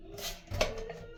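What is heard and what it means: A plastic toilet valve assembly is squeezed and twisted back into the cistern, and a sharp click is heard at 0.6 s. It twist-locks into place and is confirmed seated.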